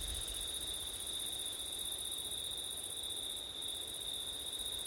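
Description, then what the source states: Crickets produce an unbroken shrill trill at two high pitches; a brief low wind rumble opens the stretch. Crickets on a September night in wind, recorded with an ORTF stereo setup.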